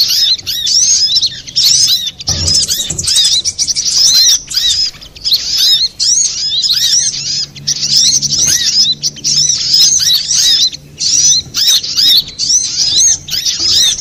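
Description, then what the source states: Little spiderhunter song, a dense run of high, squeaky chirps and rapid warbled notes in bursts, broken by short pauses, with faint low rumbling underneath. Master recording used for training cage birds; labelled Labaik.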